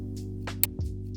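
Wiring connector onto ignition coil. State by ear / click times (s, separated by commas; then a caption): seated / 0.6 s. A plastic electrical connector clip is pushed back onto an ignition coil of a 2010 Honda Accord Coupe 3.5L V6 EX-L after a spark plug change, over a steady low hum. A soft rustle comes at 0.5 s, then a sharp, bright click at 0.6 s and a dull thump at 0.8 s. The clip clicks in and is seated; the click is what shows it is secure and won't come off while driving.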